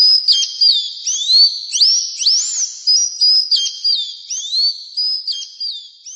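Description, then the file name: Bird song made of high, pure whistles that rise and fall in varied sweeps and slurs, delivered steadily with short gaps between phrases. "Passaros"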